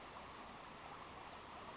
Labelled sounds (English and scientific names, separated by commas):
Western Flycatcher (Empidonax difficilis)